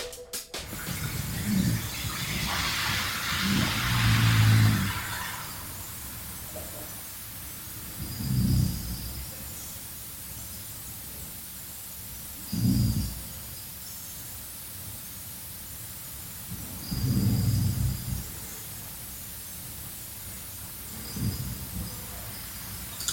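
Soft, low rumbling bursts recur about every four to five seconds, roughly 13–14 a minute, over a faint steady background hiss: Archie the puppy snoring on each breath in his sleep in the morning, a quiet ordinary snore.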